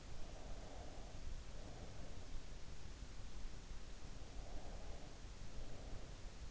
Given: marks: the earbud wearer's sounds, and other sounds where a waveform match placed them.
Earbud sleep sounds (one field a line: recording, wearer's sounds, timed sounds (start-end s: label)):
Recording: sounds in sleep by an in-ear microphone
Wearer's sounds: breath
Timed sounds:
0.25-2.51 s: breath
4.00-6.42 s: breath